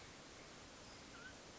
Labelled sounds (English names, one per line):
Mountain Quail